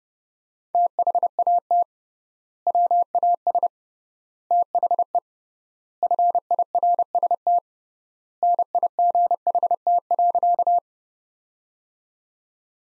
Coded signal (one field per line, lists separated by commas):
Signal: Morse code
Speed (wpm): 30 wpm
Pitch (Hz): 700 Hz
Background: none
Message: THAT WAS THE FIRST NIGHT.